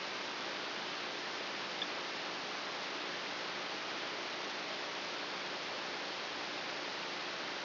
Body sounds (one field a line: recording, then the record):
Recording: brain microelectrode recording played as sound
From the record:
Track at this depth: outside the subthalamic nucleus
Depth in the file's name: 5.001 mm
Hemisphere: right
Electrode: 3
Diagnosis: Parkinson's disease